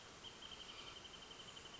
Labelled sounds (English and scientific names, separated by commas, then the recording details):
Wrentit (Chamaea fasciata)
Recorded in Sonoma County, California